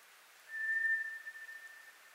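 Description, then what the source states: White's thrush: one long, pure, monotone whistle held for about a second and a half, tapering away softly at the end. Recorded 24 April 2010.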